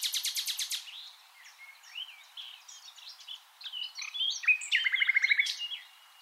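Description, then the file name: Common nightingale song opening with a fast rattling series of high notes, then soft varied whistles and a closing run of quick repeated notes. "Luscinia megarhynchos"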